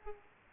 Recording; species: mosquito wingbeat signal from an infrared sensor; Aedes aegypti